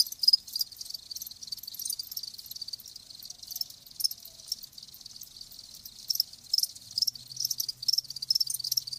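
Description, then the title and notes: Crickets trilling steadily at high pitch, many overlapping chirps forming a continuous shimmering chorus, with a low hum appearing toward the end. Live crickets chirping, a lulling song. "Live Crickets Chirping. Enjoy the lulling song of crickets. RainManCJ"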